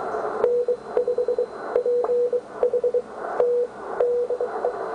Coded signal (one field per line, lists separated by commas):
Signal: Morse code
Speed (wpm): 21 wpm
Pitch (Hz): 490 Hz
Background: radio noise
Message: N5PHT DE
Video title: MORSE CODE/ ANNOTATIONS 80m